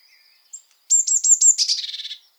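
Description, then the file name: Eurasian blue tit calling, a brief high seep followed by several sharp clipped notes and a buzzy churring rattle. "Cyanistes caeruleus"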